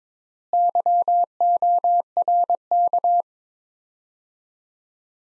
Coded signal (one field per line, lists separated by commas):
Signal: Morse code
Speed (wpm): 22 wpm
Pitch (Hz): 700 Hz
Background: none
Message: YORK